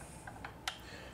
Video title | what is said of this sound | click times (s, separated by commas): How to unpack and configure the HOBO RX3000 Station | it'll just snap right into place like that again | 0.7 s